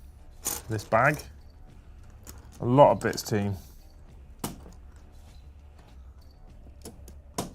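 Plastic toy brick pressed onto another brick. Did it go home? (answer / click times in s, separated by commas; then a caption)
yes / 7.4 s. Someone talks while building a large plastic brick train model, with a few light taps in between. A plastic toy brick is then pressed onto the studs of another brick and seats with a sharp click at 7.4 s.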